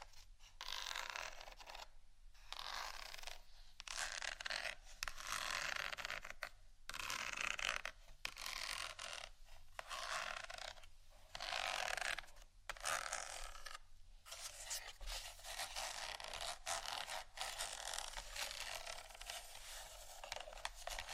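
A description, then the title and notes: Scratching and scraping textures run in bursts, a bright, dense rasping that rises and falls every second or so with brief near-silent gaps between strokes. The strokes stay mostly in the upper range with little low end, and the final third turns slightly thinner and more even. Textures Scratching & Tapping.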